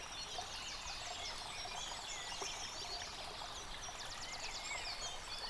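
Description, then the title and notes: Bird song from several birds, quick high trills and chirps layered together, with a loud flowing stream underneath. Bird chorus recorded beside a stream at Dlouhý Důl, Krásná Lípa, Czechia, on a ZOOM H6 recorder. "Dlouhý Důl 14, 407 47 Krásná Lípa, Czechia - Ptáci a potok. Ptačí sněm snímaný u potoka.. nahráno na ZOOM H6"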